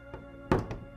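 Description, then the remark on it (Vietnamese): Soft knocks on a door from outside at night: a faint tap, then a quick cluster of three dull raps, and one more after a pause, each a low, muffled thud over a quiet hum. “Bỗng ở bên ngoài có tiếng gõ cửa nhẹ nhẹ.”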